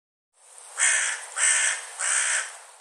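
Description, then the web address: Bird giving harsh, rasping caws: three broad, grating notes about half a second each, evenly spaced, with nothing else audible. "cianscape birddata Deverinetal 2025"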